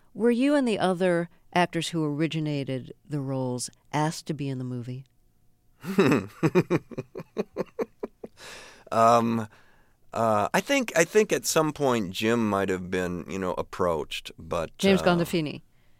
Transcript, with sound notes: Were you and the other actors who originated the roles asked to be in the movie?
(LAUGHTER)
I think at some point Jim might have been, you know, approached. But...
James Gandolfini.